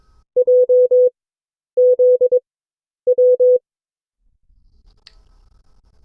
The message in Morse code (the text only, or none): J Z W